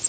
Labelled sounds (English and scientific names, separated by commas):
Pine Warbler (Setophaga pinus) flight call